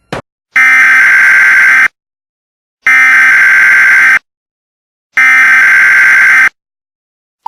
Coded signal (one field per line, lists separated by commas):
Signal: Emergency Alert System (SAME) tones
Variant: header bursts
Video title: (EAS Scenario) Neurax Doomsday